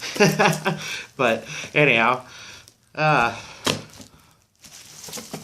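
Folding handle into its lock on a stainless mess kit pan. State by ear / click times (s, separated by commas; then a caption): seated / 3.7 s. Someone talks while the folding handle of a Texsport stainless steel mess kit pan is swung out into its lock. A sharp click at 3.7 s marks the handle locking into place, followed by a few faint, quieter taps before the talking resumes.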